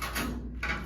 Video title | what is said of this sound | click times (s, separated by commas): Eliana’s Laundry Room Video for Facility 2 | close it all the way until you hear a little click and then we're ready to load our laundry in the | 0.6 s